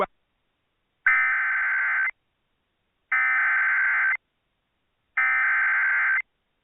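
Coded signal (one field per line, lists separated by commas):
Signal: Emergency Alert System (SAME) tones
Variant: header bursts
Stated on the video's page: EAS tones from NOAA Weather Radio alerts for tornadoes and AMBER Alerts.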